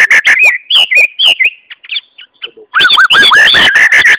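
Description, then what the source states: White-rumped shama song, loud repeated upslurred whistles mixed with sharp clicks, a short quieter patch of scattered notes, then strong rising whistles again. Song, Malaysia.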